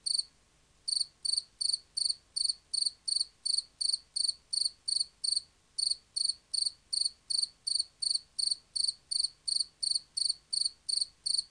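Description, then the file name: Field cricket chirping in regular pulsed bursts, close to three per second, after a short silence at the start and with one brief gap midway. "markfårekylling"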